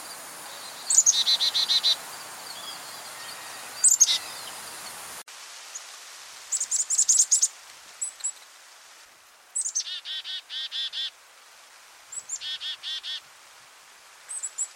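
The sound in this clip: Bird chirping in quick bursts of bright, high rattled notes, several bursts spread throughout, with an abrupt shift in background hiss partway through.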